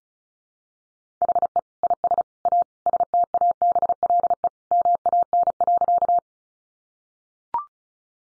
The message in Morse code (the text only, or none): HE IS A STABLE MAN.